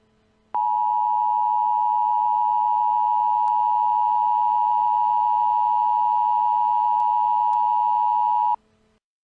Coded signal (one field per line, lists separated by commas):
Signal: Emergency Alert System (SAME) tones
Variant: 853 and 960 Hz attention tone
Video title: EAS Scenario: The Eruption of Mount St. Helens 2018